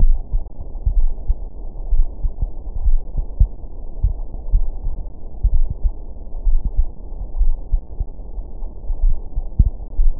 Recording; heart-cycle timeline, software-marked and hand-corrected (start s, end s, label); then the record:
heart sounds
0.00	0.02	diastole
0.02	0.18	S1
0.18	0.32	systole
0.32	0.42	S2
0.42	0.94	diastole
0.94	1.10	S1
1.10	1.28	systole
1.28	1.38	S2
1.38	1.90	diastole
1.90	2.06	S1
2.06	2.22	systole
2.22	2.32	S2
2.32	2.84	diastole
2.84	3.00	S1
3.00	3.16	systole
3.16	3.26	S2
3.26	3.78	diastole
3.78	3.86	S1
3.86	4.02	systole
4.02	4.10	S2
4.10	4.52	diastole
4.52	4.66	S1
4.66	4.84	systole
4.84	4.94	S2
4.94	5.52	diastole
5.52	5.66	S1
5.66	5.84	systole
5.84	5.94	S2
5.94	6.46	diastole
6.46	6.60	S1
6.60	6.76	systole
6.76	6.86	S2
6.86	7.38	diastole
7.38	7.54	S1
7.54	7.72	systole
7.72	7.80	S2
7.80	8.24	diastole
8.24	8.32	S1
8.32	8.48	systole
8.48	8.56	S2
8.56	9.02	diastole
9.02	9.16	S1
9.16	9.36	systole
9.36	9.46	S2
9.46	10.00	diastole
10.00	10.14	S1
10.14	10.20	systole
From the record:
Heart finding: coronary artery disease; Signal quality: good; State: rest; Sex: male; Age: 72 years